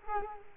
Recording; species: mosquito wingbeat signal from an infrared sensor; Culex quinquefasciatus